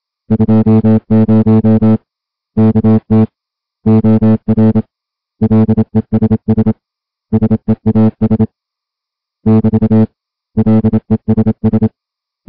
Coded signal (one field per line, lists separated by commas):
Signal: Morse code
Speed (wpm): 27 wpm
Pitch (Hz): 220 Hz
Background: music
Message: 20 KT OR LESS SEAS <BT> LESS